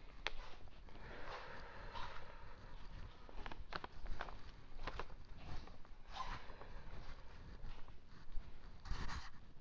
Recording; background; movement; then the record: deep breathing; quiet; walking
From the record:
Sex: male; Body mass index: 20.6 kg/m2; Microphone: on the chest, facing outward